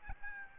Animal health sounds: mosquito wingbeat signal from an infrared sensor; Aedes albopictus

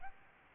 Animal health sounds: mosquito wingbeat signal from an infrared sensor; Aedes albopictus

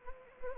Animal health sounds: mosquito wingbeat signal from an infrared sensor; Anopheles gambiae

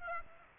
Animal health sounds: mosquito wingbeat signal from an infrared sensor; Aedes aegypti

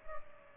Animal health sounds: mosquito wingbeat signal from an infrared sensor; Culex pipiens

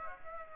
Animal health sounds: mosquito wingbeat signal from an infrared sensor; Aedes aegypti

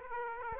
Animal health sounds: mosquito wingbeat signal from an infrared sensor; Aedes aegypti

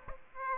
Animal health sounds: mosquito wingbeat signal from an infrared sensor; Aedes aegypti

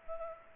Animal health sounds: mosquito wingbeat signal from an infrared sensor; Culex pipiens

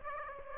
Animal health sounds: mosquito wingbeat signal from an infrared sensor; Aedes aegypti

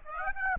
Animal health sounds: mosquito wingbeat signal from an infrared sensor; Aedes aegypti

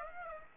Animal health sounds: mosquito wingbeat signal from an infrared sensor; Aedes aegypti

